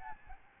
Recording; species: mosquito wingbeat signal from an infrared sensor; Aedes albopictus